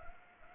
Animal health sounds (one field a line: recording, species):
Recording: mosquito wingbeat signal from an infrared sensor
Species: Anopheles arabiensis